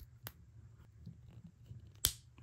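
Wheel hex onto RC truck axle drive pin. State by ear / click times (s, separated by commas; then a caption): seated / 2.0 s. A plastic wheel hex is pressed onto the axle and its drive pin at the front hub of a Traxxas Stampede RC truck. A sharp tick comes at about 0.3 s, then a loud, bright snap at 2.1 s as the hex seats, with faint ticks after it. The wheel hex ends up snapped firmly in place on the axle.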